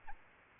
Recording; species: mosquito wingbeat signal from an infrared sensor; Aedes albopictus